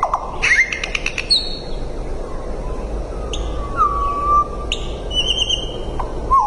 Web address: Sedaye Bolbol Hezar Dastan. صدای-بلبل-هزار-دستان